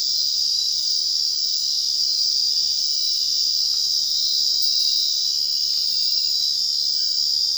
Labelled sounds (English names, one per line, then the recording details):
none
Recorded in dense forest near Puerto Asís, Putumayo, Colombia, on 18 February 2024 at 03:00
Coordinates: 0.499, -76.324
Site G6469